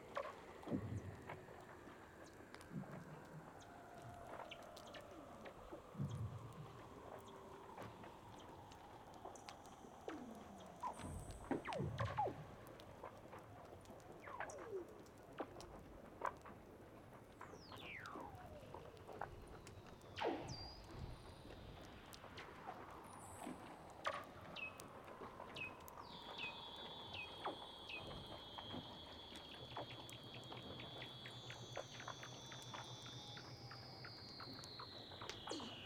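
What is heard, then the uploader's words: Weddell seals call underwater in overlapping sliding whistles and trills, some sweeping down, others rising high, over constant crackling clicks throughout. Douglas Quin - Weddell Seals (Underwater).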